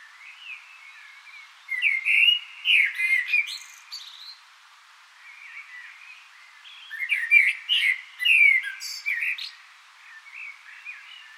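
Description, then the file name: Common blackbird song in two phrases, each a run of mellow whistled warbles that finishes in squeaky, high-pitched twittering, separated by a few seconds of quiet. "Turdus merula"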